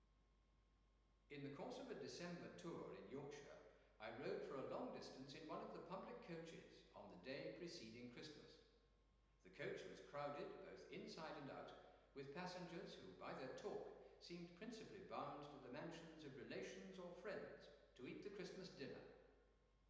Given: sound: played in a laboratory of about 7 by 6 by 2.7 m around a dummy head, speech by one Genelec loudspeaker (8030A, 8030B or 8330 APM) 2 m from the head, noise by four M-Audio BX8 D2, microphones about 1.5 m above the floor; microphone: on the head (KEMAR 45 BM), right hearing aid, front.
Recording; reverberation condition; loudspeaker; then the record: male speech in English; high; 60 degrees to the right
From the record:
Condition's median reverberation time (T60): about 1300 ms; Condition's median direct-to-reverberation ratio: about -4.0 dB